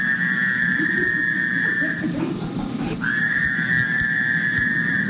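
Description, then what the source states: Fowler's toad calling: two long, nasal, buzzy notes separated by a short pause, over a low rumbling background. Played in a frog and toad identification class; looks like an Eastern toad but sounds very different.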